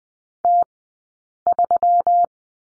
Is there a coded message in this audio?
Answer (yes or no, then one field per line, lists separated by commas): yes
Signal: Morse code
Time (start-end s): 0.4-2.2 s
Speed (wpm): 20 wpm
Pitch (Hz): 700 Hz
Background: none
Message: T3